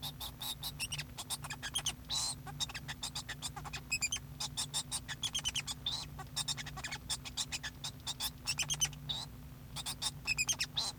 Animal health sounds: song of a male Bengalese finch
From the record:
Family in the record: son of father 2

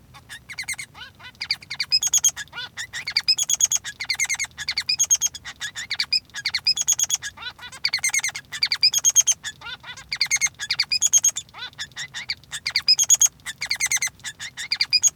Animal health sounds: song of a male Bengalese finch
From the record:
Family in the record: son of father 3

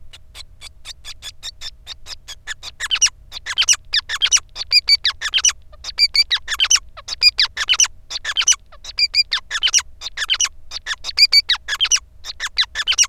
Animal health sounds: song of a male Bengalese finch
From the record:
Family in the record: son of father 5

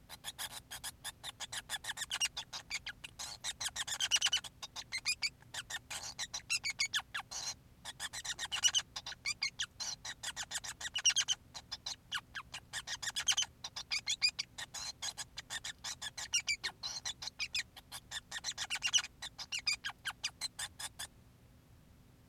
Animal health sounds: song of a male Bengalese finch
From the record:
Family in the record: son of father 5

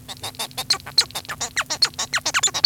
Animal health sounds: song of a male Bengalese finch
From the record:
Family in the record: son of father 1

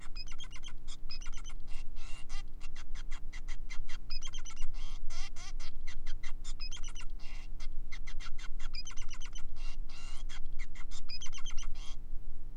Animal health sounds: song of a male Bengalese finch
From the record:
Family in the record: son of father 5

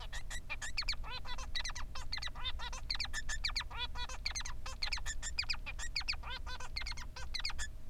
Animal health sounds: song of a male Bengalese finch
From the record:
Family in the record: son of father 3

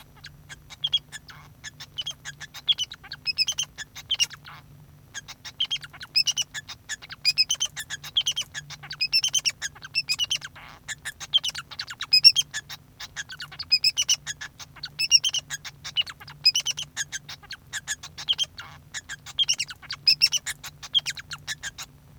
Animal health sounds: song of a male Bengalese finch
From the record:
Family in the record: son of father 2

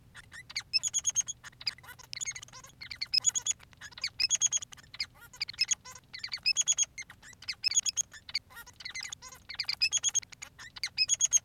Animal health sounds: song of a male Bengalese finch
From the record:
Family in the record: son of father 3

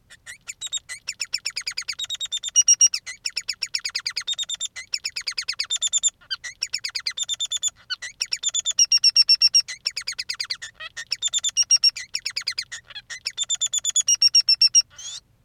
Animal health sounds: song of a male Bengalese finch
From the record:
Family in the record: son of father 3

